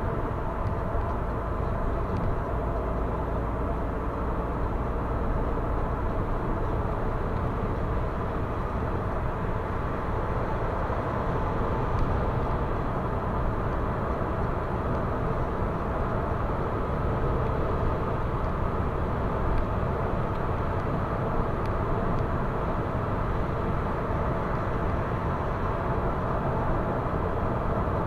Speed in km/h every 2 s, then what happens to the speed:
97, 100, 105, 110, 114, 112, 114, 118, 119, 121, 122, 121, 121, 121.
0-7 speeds up to 114. 7-28 steady at about 119.